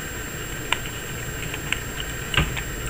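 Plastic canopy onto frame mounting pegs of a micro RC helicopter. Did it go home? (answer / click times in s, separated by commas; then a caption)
yes / 0.7 s. The front of a plastic canopy on a micro RC helicopter is spread slightly and brought down onto the frame's mounting pegs. Several small plastic ticks and taps are heard, and the sharpest click at 0.7 s is the canopy snapping in and seating. Other knocks follow at about 1.7, 2.0 and 2.4 s.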